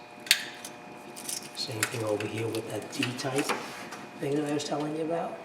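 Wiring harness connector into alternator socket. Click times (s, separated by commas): 0.3 s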